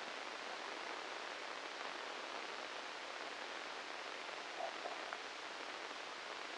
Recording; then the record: brain microelectrode recording played as sound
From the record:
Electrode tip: inside the subthalamic nucleus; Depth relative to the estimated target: 1 mm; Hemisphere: left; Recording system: NeuroSet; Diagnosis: Parkinson's disease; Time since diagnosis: 8 years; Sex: male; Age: 37 years